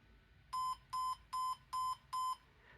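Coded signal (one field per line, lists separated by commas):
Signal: beep code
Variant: HP business PC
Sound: five short identical electronic beeps, evenly spaced, about a fifth second each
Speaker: So, a 3.5 means that the processor was not detected. And obviously, there is no processor here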